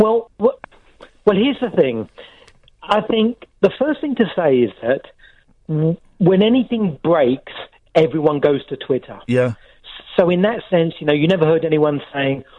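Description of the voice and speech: An adult man, a social media expert, talks fluently in a recorded interview over a narrow, telephone-quality line, with ordinary phrasing and pauses: typical speech.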